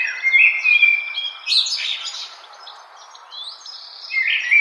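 Bird song of clear whistled notes and fast twittering chirps, sliding up and down, then a brief lull before another bright phrase.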